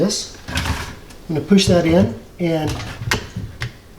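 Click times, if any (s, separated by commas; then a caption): 3.1 s. Someone talks while a plastic reverse osmosis filter cartridge is pushed into the quick-change manifold head of a Watts Premier RO system. A sharp snap at 3.1 s shows the cartridge seating, followed by a smaller tick at about 3.6 s.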